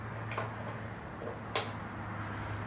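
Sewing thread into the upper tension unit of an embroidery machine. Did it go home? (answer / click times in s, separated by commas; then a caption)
yes / 1.6 s. Sewing thread is drawn into the upper tension unit of a Janome MC15000 / MC12000 embroidery machine over a steady low hum, with a faint tick near 0.4 s. A sharp click at 1.6 s marks the thread seating in the upper tension.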